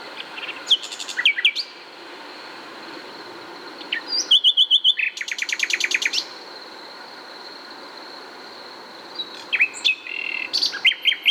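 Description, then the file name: Common nightingale singing: a few loud phrases of quick whistles and a fast repeated rattle, separated by pauses, with a constant thin whine behind. "Luscinia megarhynchos"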